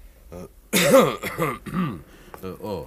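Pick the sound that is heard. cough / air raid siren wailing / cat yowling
cough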